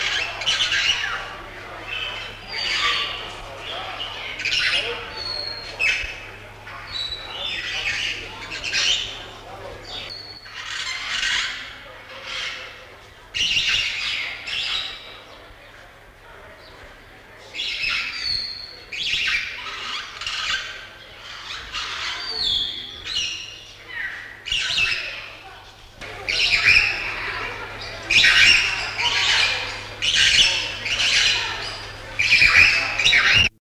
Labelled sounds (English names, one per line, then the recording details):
Indian Roller call
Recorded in captivity
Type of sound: call
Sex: pair
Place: Zoo Münster, Nordrhein-Westfalen, DE
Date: 1974-10-20
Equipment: Halbspur, 9,5 cm/s
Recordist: Lütgens, Hans
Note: Rufe